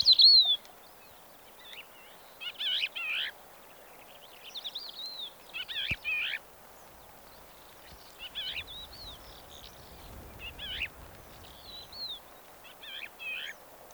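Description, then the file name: Crested lark song: a varied run of clear whistles and rapid buzzy, trilled phrases in short bursts with brief pauses, over a soft steady background hiss. Recorded in Kyzylkum, Kazakhstan, on 10 April 2011; the subspecies given is magna. "110410 crelark-magna kz kyzylkum"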